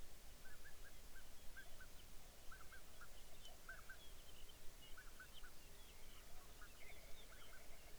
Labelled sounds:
songbird
waterfowl
grouse or ptarmigan
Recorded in the Arctic National Wildlife Refuge, Alaska, on 23 May 2019 at 05:45
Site 49

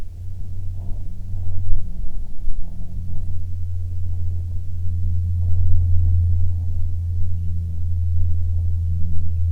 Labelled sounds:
jet
wind
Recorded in the Prudhoe Bay oil fields, Alaska, on 7 August 2019 at 14:20
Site 17

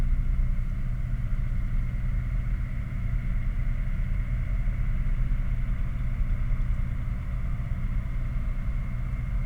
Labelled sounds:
machinery
flare stack
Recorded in the Prudhoe Bay oil fields, Alaska, on 11 August 2019 at 21:14
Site 29

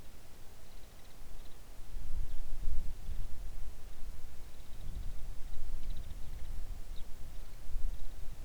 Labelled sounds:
songbird
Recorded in the Arctic National Wildlife Refuge, Alaska, on 3 August 2019 at 05:03
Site 41

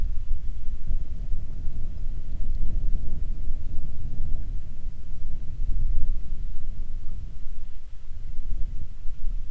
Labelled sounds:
wind
water
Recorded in the Arctic National Wildlife Refuge, Alaska, on 1 June 2019 at 02:36
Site 37

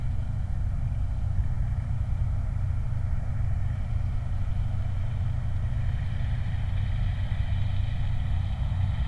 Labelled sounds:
flare stack
vehicle
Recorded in the Prudhoe Bay oil fields, Alaska, on 29 July 2019
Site 29

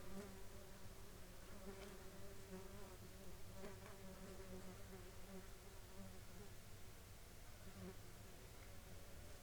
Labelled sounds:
insects
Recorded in the Prudhoe Bay oil fields, Alaska, on 7 July 2021 at 14:23
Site 14

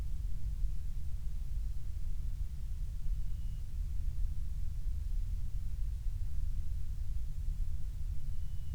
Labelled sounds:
bird
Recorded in the Prudhoe Bay oil fields, Alaska, on 12 July 2019 at 02:27
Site 16

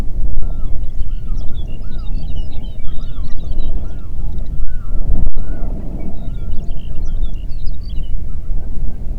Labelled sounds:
songbird
waterfowl
wind
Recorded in the Prudhoe Bay oil fields, Alaska, on 8 June 2019 at 04:24
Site 30

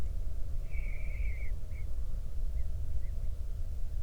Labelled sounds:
bird
wind
man-made sound
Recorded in the Prudhoe Bay oil fields, Alaska, on 31 July 2019 at 08:36
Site 24

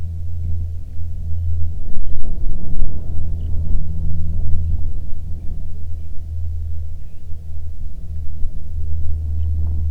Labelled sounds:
bird
jet
wind
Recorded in the Prudhoe Bay oil fields, Alaska, on 7 August 2019 at 14:20
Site 17

